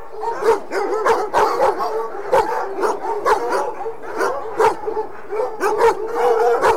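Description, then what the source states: Dogs barking together, a dense overlapping chorus of sharp barks and yips that keeps up steadily throughout. A pack of dogs.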